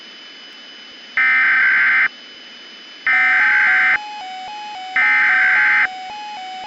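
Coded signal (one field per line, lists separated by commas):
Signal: Emergency Alert System (SAME) tones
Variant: header bursts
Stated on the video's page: Fictional EAS scenario using valid EAS tones.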